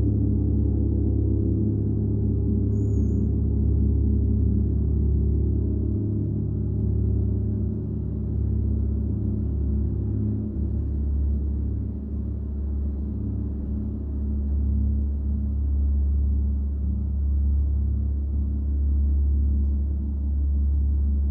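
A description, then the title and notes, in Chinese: A gong bath hums in deep, sustained low tones that swell and shimmer steadily throughout, with a faint high chirp near three seconds. 希塔銅鑼浴45分鐘。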